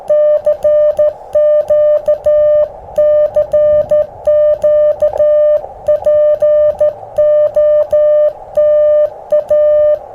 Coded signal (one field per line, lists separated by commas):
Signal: Morse code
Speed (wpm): 14 wpm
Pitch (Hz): 600 Hz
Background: music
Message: CQ CQ POTA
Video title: Using the G0NVT PB213 Straight Key: Parks on the Air @ K-2195 Reed Bingham State Park & Easter Eggs!